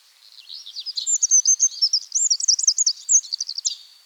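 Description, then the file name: Eurasian wren song: one continuous, very fast run of high, sharp notes and trills lasting a few seconds. "Troglodytes troglodytes"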